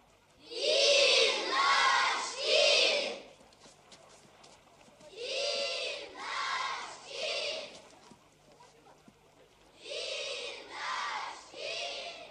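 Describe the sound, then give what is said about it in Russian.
A clamoring crowd at a camp shouts together in three loud bursts, each made of three rhythmic chanted pulses, with short pauses between them, as it turns toward a hillock where the camp director stands. “Голдящая толпа разворачивается в сторону пригорка, на котором стоит начальник лагеря.”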